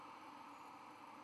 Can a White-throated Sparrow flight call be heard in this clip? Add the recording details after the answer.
no. No flight call is heard. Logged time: 23:47 on 4 November 2014